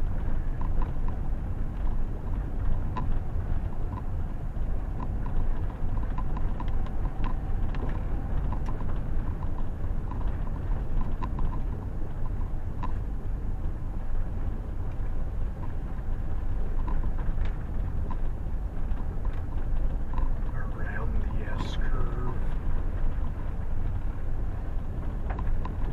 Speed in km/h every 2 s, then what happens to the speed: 19, 21, 20, 21, 23, 23, 22, 21, 21, 21, 21, 22, 20.
0-26 steady at about 21.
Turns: none.